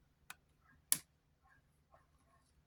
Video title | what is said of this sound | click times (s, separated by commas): Final fantasy vii remake play arts kai series 2 | You heard the hing. You heard the hinge click. | 0.9 s